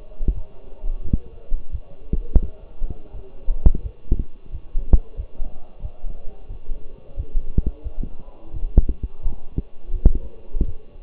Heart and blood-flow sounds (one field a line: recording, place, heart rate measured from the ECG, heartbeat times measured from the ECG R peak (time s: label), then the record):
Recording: heart sounds by stethoscope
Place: between the tricuspid and mitral areas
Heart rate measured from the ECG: 87 bpm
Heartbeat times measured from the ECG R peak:
0.34 s: heartbeat
1.03 s: heartbeat
1.71 s: heartbeat
2.41 s: heartbeat
3.12 s: heartbeat
3.82 s: heartbeat
4.51 s: heartbeat
5.16 s: heartbeat
5.81 s: heartbeat
6.48 s: heartbeat
7.16 s: heartbeat
7.83 s: heartbeat
8.53 s: heartbeat
9.22 s: heartbeat
9.92 s: heartbeat
10.65 s: heartbeat
From the record:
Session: walking at 3.7 km/h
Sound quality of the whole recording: partially saturated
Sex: male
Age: 24 years